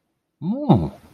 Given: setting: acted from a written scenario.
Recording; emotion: vocal sound without words; interest